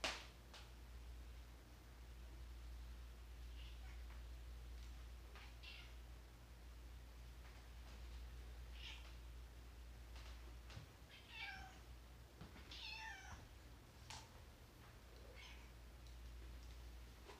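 A cat gives short, soft meows and chirps, with the clearest calls around eleven and thirteen seconds and a few fainter ones scattered earlier. A steady low hum fills the background throughout.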